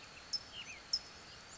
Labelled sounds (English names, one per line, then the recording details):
California Towhee
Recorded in Sonoma County, California